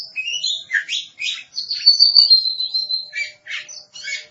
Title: Suara Kicauan Burung Kacer